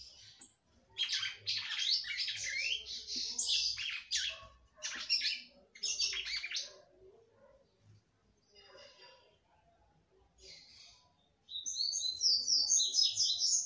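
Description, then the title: Red-cowled cardinal song: dense fast whistled phrases, then a pause with faint notes, then a rapid rippling series. "Galo De Campina"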